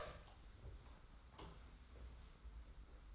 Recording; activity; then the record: daily activity, microphone in the room; open door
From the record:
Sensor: 3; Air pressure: 991.6 hPa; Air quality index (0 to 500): 145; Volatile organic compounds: 395 ppm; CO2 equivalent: 4663 ppm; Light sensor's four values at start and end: 41/116/47/41 and 41/116/47/41